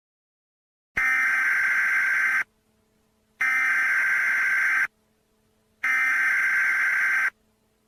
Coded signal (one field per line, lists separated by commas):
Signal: Emergency Alert System (SAME) tones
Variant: header bursts